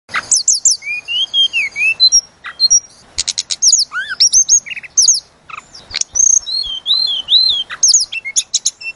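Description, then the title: Sunda robin song: varied high whistles and chirps, some sliding down in pitch, delivered in fast irregular phrases. Used to train cage birds. "Masteran Tledekan Gunung Sikatan Gunung"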